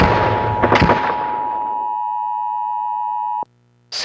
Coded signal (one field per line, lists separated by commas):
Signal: Emergency Alert System (SAME) tones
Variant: 853 and 960 Hz attention tone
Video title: EAS Scenario #2 - Radioactive Zombies (Part Two)